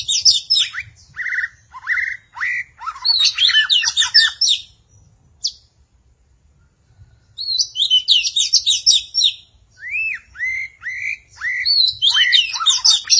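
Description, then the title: Magpie-robin or shama song: rapid, varied bursts of high chirps, trills and whistled upslurs, broken by a pause of about two seconds before resuming just as busily. "Suara Burung Murai"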